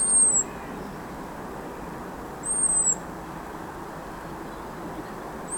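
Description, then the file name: European robin giving three thin, high-pitched notes about two and a half to three seconds apart, with constant low rumble underneath. "Erithacus rubecula"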